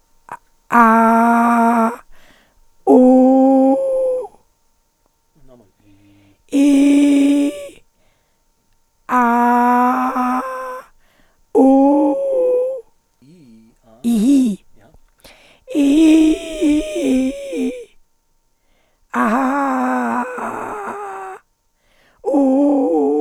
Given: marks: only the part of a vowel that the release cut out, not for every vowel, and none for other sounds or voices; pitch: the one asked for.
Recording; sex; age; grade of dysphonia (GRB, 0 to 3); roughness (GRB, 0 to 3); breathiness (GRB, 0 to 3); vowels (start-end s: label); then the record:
sustained vowels; female; 60 to 69 years; 3; 3; 2
0.84-1.75 s: vowel /a/, high pitch
3.01-3.68 s: vowel /u/, high pitch
6.60-7.42 s: vowel /i/, low pitch
9.22-10.36 s: vowel /a/, low pitch
11.61-12.12 s: vowel /u/, low pitch
15.80-16.30 s: vowel /i/, low-high-low pitch
19.22-20.18 s: vowel /a/, low-high-low pitch
22.37-22.88 s: vowel /u/, low-high-low pitch
From the record:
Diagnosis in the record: presbyphonia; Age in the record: 63 years